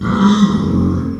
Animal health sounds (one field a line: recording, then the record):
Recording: squeal of a Yucatan mini pig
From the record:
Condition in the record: after surgery on the right vocal fold (resection and tissue-engineered implant)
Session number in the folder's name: 13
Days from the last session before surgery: 113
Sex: female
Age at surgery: 19 weeks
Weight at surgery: 25 kg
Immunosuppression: prednisolone